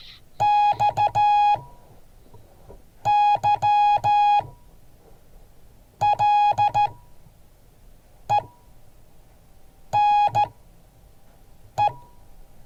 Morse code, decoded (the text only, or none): XYLENE